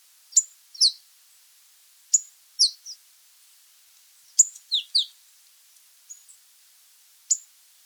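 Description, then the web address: Red-hooded tanager calls: scattered, very high, sharp chips and short downslurred notes spaced irregularly over several seconds, fairly quiet. Ecuador. "Birds of Ecuador. Red-Hooded Tanager"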